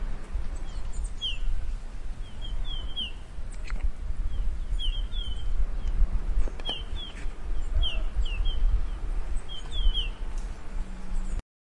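Red-headed bullfinch calls: faint, brief whistled notes, often paired, repeated irregularly over constant low-frequency rumble and background hiss.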